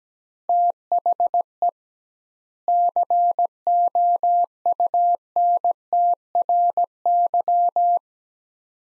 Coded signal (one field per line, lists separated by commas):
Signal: Morse code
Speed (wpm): 17 wpm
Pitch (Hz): 700 Hz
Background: none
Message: THE COUNTRY